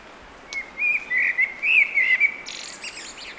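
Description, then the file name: Blackbird song: a string of mellow slurred whistles, a steady run of fluty notes, ending in a rough high twitter. "Turdus merula"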